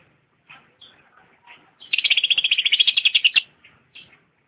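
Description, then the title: Lovebird song with a fast, loud buzzy trill of rapid repeated notes lasting about a second and a half, framed by scattered soft chirps. Champion lovebird singing. "KICAU BURUNG LOVEBIRD JUARA"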